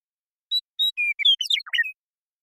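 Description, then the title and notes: Western meadowlark delivers two clear whistles and a steady note, followed by a fast, gurgling flourish of descending and rising notes, ending on a short whistle. Song, contact calls and flush; recorded in the Pacific Northwest, Washington, United States. "Western Meadowlark, Sturnella neglecta, song, contact calls, and flush, family: Troupials and Allies Recorded in the beautiful Pacific Northwest in Washington, United States"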